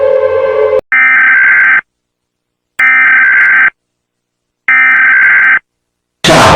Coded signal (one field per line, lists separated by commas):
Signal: Emergency Alert System (SAME) tones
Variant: header bursts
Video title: Mr increíble perturbado - Escuchas la alarma de este país/EAS ALARM Parte 12 #easalarm